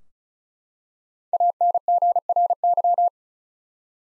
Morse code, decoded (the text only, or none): ANGRY